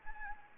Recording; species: mosquito wingbeat signal from an infrared sensor; Anopheles gambiae